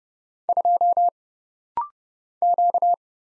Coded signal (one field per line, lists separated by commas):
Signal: Morse code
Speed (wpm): 30 wpm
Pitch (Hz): 700 Hz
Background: none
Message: 2 Q